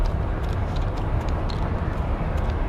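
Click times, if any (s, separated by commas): none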